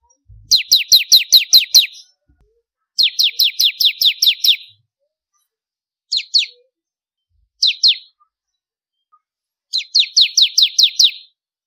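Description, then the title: Prinia song: rapid strings of shrill downslurred notes, broken by shorter two- and three-note fragments between longer phrases. "Kicau Ciblek Kristal"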